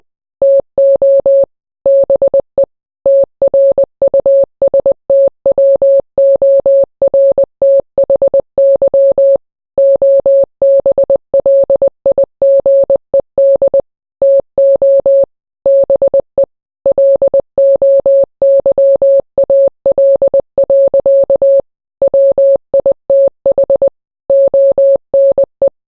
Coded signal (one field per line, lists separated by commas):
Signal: Morse code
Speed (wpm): 20 wpm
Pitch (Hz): 550 Hz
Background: none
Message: TO BE TRUSTWORTHY OBLIGED TO BE LOYAL. WITH ONE